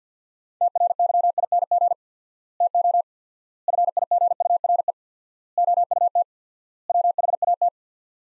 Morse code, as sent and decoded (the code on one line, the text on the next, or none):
- .-. -.-- .. -. --. / - --- / ..-. .. --. ..- .-. . / --- ..- - / .-- .... .- -
TRYING TO FIGURE OUT WHAT